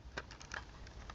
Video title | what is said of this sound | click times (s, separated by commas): Je regarde une vidéo sur une ps5 | se clipse assez facilement ah bah écoutez ça fait son taf est-ce que ça tient bien ouais | 0.2 s, 0.6 s